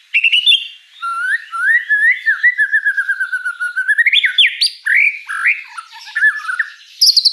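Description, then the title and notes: White-rumped shama singing a flowing series of wavering whistles that climbs in pitch, then sharp slurred notes and a burst of high notes at the end. Lure song (pancingan) with rich, elaborate fill phrases (isian mewah), meant to get a bird singing actively (gacor). "Pancingan Gacor Murai Batu Bongkar Isian Mewah. Audio Murai Batu Dongfeng"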